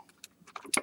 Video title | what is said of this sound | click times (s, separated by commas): 🔴 Live - Workshop: Rustler 4x4 VXL Rear Diff Diagnosis, RC Cars | this axle out let it lock into place there yep | 0.7 s